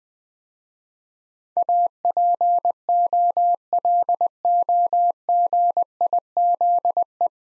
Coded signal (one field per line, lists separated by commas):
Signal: Morse code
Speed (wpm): 20 wpm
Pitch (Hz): 700 Hz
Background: none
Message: APOLOGIZE